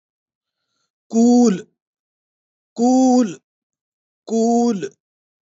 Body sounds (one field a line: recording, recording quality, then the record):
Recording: sustained vowel as in boot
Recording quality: excellent, no background noise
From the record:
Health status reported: healthy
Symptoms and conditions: none ticked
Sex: male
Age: 35 years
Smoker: not ticked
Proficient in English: yes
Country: India